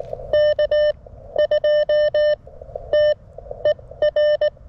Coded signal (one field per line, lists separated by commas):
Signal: Morse code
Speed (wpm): 18 wpm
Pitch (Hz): 600 Hz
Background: none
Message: K2TER